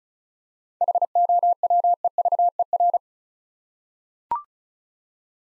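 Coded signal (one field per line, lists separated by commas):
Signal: Morse code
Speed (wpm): 36 wpm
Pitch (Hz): 700 Hz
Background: none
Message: HOWEVER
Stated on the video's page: Morse word-copy practice drill at 35 wpm: seven-letter words, each sent twice for head-copy training.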